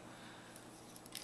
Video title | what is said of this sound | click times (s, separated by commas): Transformers Robots In Disguise Wedge (2001) | You'll hear them click into place. | 1.0 s, 1.2 s